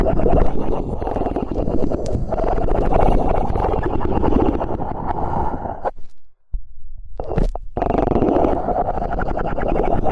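Ear cleaning massage sounds: dense, muffled rubbing and crackling, mostly low with a steady rough texture and scattered faint clicks above. Around six seconds the rubbing stops abruptly and near-silence holds for about a second, with a brief scrape at seven, before the rubbing resumes.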